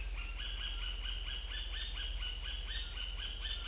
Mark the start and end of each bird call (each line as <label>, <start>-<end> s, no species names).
bird call, 0.00-3.67 s